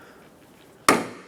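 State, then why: Released. The old hood lift support on a 1997-2003 Ford F-150 has its upper clip pried off the ball stud on the hood with a pocket screwdriver. After a quiet stretch, a single sharp pop sounds at 0.9 s and rings down over the next half second. The upper socket comes free of the ball stud.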